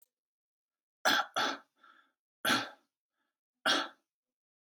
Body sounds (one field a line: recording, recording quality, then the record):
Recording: shallow voluntary cough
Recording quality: excellent, no background noise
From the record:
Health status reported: healthy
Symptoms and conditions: asthma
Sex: male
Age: 25 years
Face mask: not worn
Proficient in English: yes